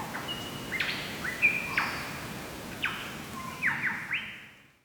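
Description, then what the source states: Lyrebird song, a series of clear whistled notes and sharp downward sweeps, several phrases in under five seconds, over steady background noise. Toolangi forest, Australia.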